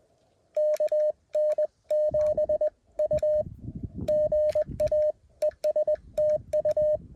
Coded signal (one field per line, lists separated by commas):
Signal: Morse code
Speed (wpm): 21 wpm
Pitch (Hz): 590 Hz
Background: none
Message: KN7U GA ES TU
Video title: Morse Code POTA activation at Elk Mountain 11/6/2024